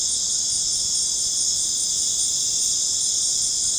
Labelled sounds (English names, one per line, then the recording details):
none
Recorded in dense forest near Puerto Asís, Putumayo, Colombia, on 23 June 2025 at 19:00
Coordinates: 0.486, -76.317
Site G065